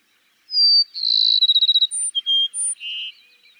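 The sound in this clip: Cassin's sparrow singing: a thin steady whistle, a buzzy pulsing trill, then clear notes that step between high and low pitches.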